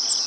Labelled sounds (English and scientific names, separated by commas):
Cape May Warbler (Setophaga tigrina) flight call